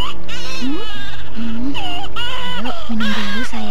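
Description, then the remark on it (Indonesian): A baby cries and whimpers in short, wavering, high-pitched wails, fairly loud and continuous, while an adult speaks gently over the crying. “Kau dengar itu suara tangis bayi.”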